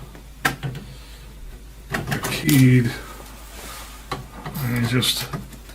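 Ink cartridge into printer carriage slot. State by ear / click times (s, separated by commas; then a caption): not seated / none. A black plastic ink cartridge is handled at its slot in the carriage of an HP OfficeJet Pro 8720 printer while someone talks, with a few short plastic knocks and light rustling. The cartridge has not locked into place yet; nothing has seated or clicked.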